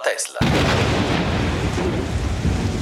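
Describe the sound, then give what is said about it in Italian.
Loud thunder from a furious thunderstorm on the night Nikola Tesla was born in Smiljan: a short higher-pitched sound opens, then a deep, heavy rumble breaks in and rolls on steadily, thick with low booming and crackle, until the end. “In un piccolo paese dell'allora Serbia e dell'attuale Croazia, Žmiljan, la notte tra il 9 e il 10 luglio del 1956, annunciato quasi profeticamente da un furioso temporale, nasce Nikola Tesla.”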